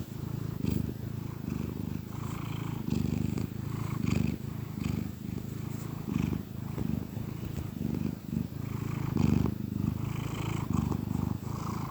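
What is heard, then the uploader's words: A cat purrs steadily, a low, rumbling throb that pulses in quick regular cycles as it breathes in and out. The purr holds an even level throughout the twelve seconds, with a faint hiss in the background. Happy cat purrs.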